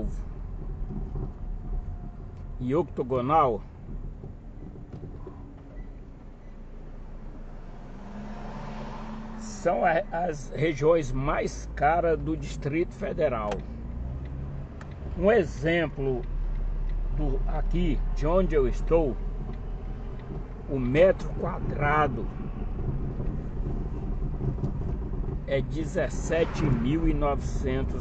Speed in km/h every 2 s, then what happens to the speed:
21, 18, 17, 15, 14, 11, 1, 0, 0, 0, 16, 12, 15, 17.
0-12 slows to 1. 12-17 standing. 17-28 pulls away to 17.